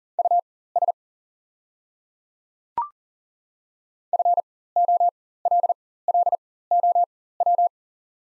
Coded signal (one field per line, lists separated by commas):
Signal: Morse code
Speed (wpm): 40 wpm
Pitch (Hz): 700 Hz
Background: none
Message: US FOLLOW